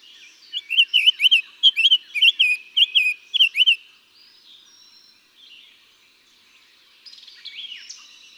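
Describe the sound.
Summer tanager singing a three-second phrase of burry, rollicking whistles, followed by quiet twitters.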